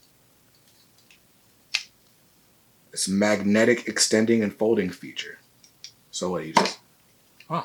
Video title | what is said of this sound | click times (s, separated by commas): NOT ANOTHER COMIC HAUL? - Toys, Art Prints & More! | yeah it does kind of snap into place like that | 1.7 s